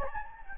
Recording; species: mosquito wingbeat signal from an infrared sensor; Anopheles gambiae